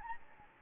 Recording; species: mosquito wingbeat signal from an infrared sensor; Anopheles gambiae